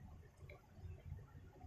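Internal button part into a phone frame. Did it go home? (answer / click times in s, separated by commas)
yes / 0.5 s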